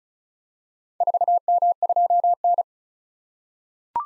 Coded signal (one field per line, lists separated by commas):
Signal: Morse code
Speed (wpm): 36 wpm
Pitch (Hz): 700 Hz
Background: none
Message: 4M2N